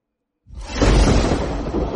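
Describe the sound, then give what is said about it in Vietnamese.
A thunderclap breaks abruptly out of silence over a snowy valley, then rolls on as a loud, deep, sustained rumble with a crackling, noisy roar over the low boom. “Lại là một tiếng sét đánh nổ vang lên.”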